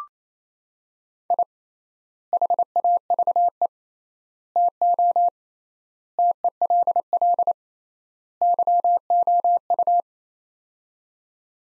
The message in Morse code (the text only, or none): I HAVE TO TELL YOU